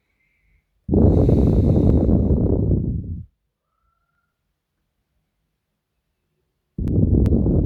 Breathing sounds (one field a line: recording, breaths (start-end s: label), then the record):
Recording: nose breathing near a microphone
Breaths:
0.00-0.72 s: inhalation
0.72-2.84 s: exhalation
4.60-6.67 s: inhalation
6.67-7.66 s: exhalation
From the record:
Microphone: phone